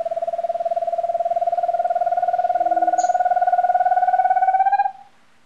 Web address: WLL Grade 1-12 Pre-Uni Library Enter Natures Songs S America Birds of Ecuador Giant Antpitta